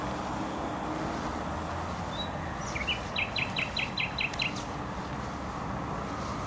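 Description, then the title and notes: Nightingale song: a thin whistle followed by a fast string of about eight repeated, emphatic chirped notes, heard against a steady rumble of road traffic. Singing in bushes close to a noisy motorway, Trasa Toruńska, Bródno-Podgrodzie, Warsaw, Poland; recorded with an Olympus LS-11. "Bródno-Podgrodzie, Warszawa, Polska - Trasa Toruńska Nightingale. Recording nightingale singing in bushes close to noisy motorway"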